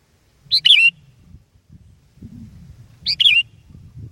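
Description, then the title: Sooty-headed bulbul song: two short bubbly phrases of three or four quick liquid notes, about two and a half seconds apart, over a faint low rumble. "kutilang"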